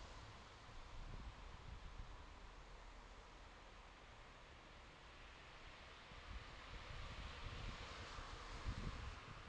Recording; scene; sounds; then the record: everyday scene through a hearing-aid microphone; in traffic; traffic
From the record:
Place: bus stop on a city main road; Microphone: in the ear canal, left